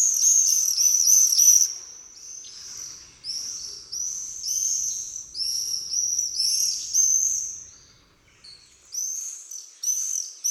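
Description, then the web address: Common swift screaming, shrill high trilled screams from several birds in rapid overlapping bursts, nearly continuous with brief lulls. Common swifts in jousting flights. "annee nature les joutes du martinet"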